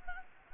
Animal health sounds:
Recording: mosquito wingbeat signal from an infrared sensor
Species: Anopheles gambiae

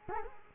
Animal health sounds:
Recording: mosquito wingbeat signal from an infrared sensor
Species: Culex quinquefasciatus

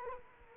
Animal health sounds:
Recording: mosquito wingbeat signal from an infrared sensor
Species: Culex quinquefasciatus

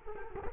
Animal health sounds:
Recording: mosquito wingbeat signal from an infrared sensor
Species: Culex quinquefasciatus

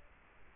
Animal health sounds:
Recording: mosquito wingbeat signal from an infrared sensor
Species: Culex quinquefasciatus

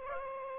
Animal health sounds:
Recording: mosquito wingbeat signal from an infrared sensor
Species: Aedes aegypti

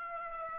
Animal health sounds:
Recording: mosquito wingbeat signal from an infrared sensor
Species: Aedes aegypti

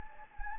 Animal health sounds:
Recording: mosquito wingbeat signal from an infrared sensor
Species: Anopheles gambiae

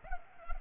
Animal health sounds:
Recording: mosquito wingbeat signal from an infrared sensor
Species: Culex pipiens

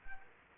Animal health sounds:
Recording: mosquito wingbeat signal from an infrared sensor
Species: Anopheles arabiensis

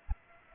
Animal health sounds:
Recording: mosquito wingbeat signal from an infrared sensor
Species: Aedes aegypti

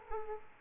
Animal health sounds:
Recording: mosquito wingbeat signal from an infrared sensor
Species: Culex quinquefasciatus

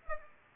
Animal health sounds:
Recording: mosquito wingbeat signal from an infrared sensor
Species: Aedes aegypti

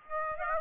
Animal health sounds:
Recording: mosquito wingbeat signal from an infrared sensor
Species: Aedes aegypti

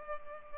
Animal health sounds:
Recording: mosquito wingbeat signal from an infrared sensor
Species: Culex pipiens

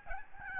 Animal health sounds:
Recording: mosquito wingbeat signal from an infrared sensor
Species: Aedes albopictus

